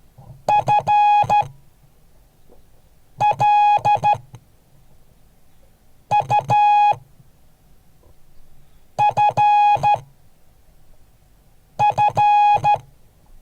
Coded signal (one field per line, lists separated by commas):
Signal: Morse code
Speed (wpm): 13 wpm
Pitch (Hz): 830 Hz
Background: none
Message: FLUFF